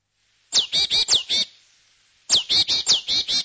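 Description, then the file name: Great tit calls: two short bursts of high notes, five then six, each opening with a sharp downward-sweeping note, separated by a pause of almost a second. "koolmees"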